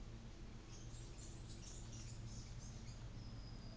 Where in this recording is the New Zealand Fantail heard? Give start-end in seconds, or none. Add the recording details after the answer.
0.53-2.94. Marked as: faintness 3/5. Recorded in New Zealand on 24 December 2018. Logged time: 14:10